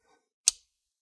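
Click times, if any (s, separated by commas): 0.5 s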